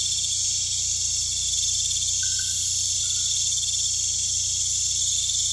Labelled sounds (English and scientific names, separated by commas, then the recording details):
none
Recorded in pastures near Puerto Asís, Putumayo, Colombia, on 16 December 2024 at 20:00
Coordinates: 0.472, -76.329
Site G072